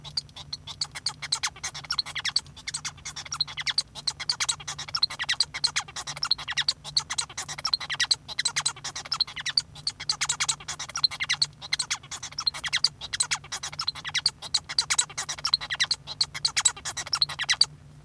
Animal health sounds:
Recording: song of a male Bengalese finch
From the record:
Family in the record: son of father 1

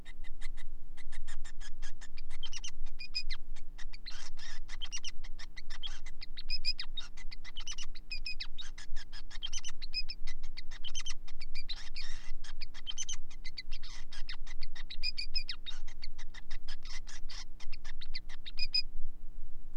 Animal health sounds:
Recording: song of a male Bengalese finch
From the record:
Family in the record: son of father 5

